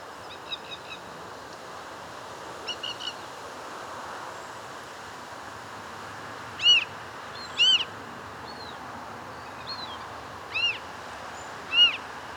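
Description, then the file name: Swamp harrier calling with four loud arched whistles in the second half, at irregular intervals; faint rapid chirps sound early on, over steady background hiss. "Circus Approximans"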